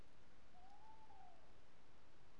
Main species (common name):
Tawny Owl